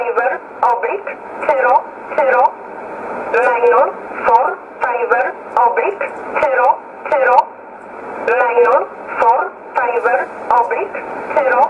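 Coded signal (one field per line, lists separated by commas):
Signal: numbers station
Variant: E11 Oblique, English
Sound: female-like voice reading short numbers evenly spaced over radio, about 14 words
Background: radio static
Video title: 03 06 2020 E11 Oblique Numbers station in English 0641 on 15800 unknown tx site in USB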